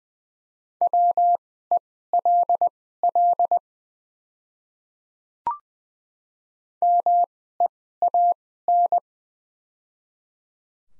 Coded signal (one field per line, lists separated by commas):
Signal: Morse code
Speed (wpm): 21 wpm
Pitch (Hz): 700 Hz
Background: none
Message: WELL MEAN